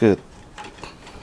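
Someone talks briefly, then a lower mop part is handled and lined up with a hole at the bottom of the mop body, with two small knocks at about 0.6 and 0.8 s. Nothing has seated or clicked into place yet.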